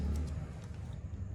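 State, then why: Not seated. A new frameless wiper blade's adapter is being slid onto the hook of a car's metal wiper arm, to be pushed until it locks. Only a steady low rumble with faint higher hiss is heard, with no sharp sounds. Nothing has seated or clicked yet.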